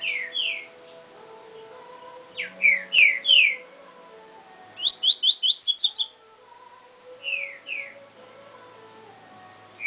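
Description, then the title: Double-collared seedeater song in separated phrases: a few slurred downward whistles, a fast run of sharp high notes, then more slurred whistles after a pause. "Canto Coleiro"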